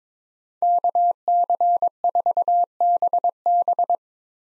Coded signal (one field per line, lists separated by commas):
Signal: Morse code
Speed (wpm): 22 wpm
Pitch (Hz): 700 Hz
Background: none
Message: KC4BB